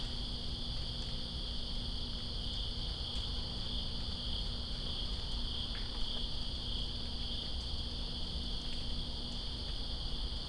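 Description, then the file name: Crickets chirping in a dense, steady chorus of high ringing trills, continuous throughout, over the constant patter and hiss of falling rain. Crickets recorded with rain in Greensboro on September 2, 2017. "Greensboro Crickets And Rain September 02 2017"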